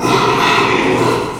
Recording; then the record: squeal of a Yucatan mini pig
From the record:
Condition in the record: after surgery on the right vocal fold (resection and tissue-engineered implant); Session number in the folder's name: 1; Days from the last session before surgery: 6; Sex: male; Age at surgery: 12 weeks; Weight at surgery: 13 kg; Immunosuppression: cyclosporine, prednisolone